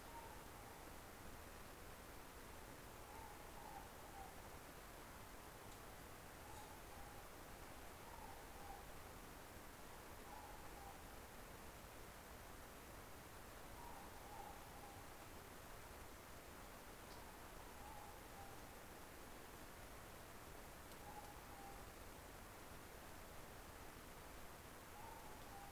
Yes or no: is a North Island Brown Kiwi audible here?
no